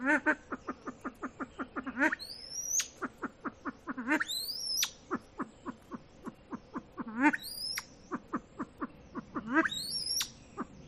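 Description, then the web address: Silver pheasant giving a loud, rapid series of short clucks, broken by a few high whistles that sweep steeply upward. "kvasovets lophura-nycthemera-sound"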